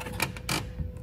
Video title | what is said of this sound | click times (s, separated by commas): DIY Homelink Install Tesla Model Y Juniper - Model 3 Highland | you got to push back and you'll hear a click and it's locked in. | 0.2 s